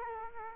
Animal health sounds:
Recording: mosquito wingbeat signal from an infrared sensor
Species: Culex quinquefasciatus

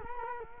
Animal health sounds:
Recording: mosquito wingbeat signal from an infrared sensor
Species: Culex quinquefasciatus

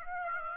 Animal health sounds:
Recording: mosquito wingbeat signal from an infrared sensor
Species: Aedes aegypti

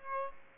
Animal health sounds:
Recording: mosquito wingbeat signal from an infrared sensor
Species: Aedes aegypti

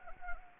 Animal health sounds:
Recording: mosquito wingbeat signal from an infrared sensor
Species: Anopheles gambiae

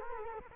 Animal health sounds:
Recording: mosquito wingbeat signal from an infrared sensor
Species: Culex quinquefasciatus

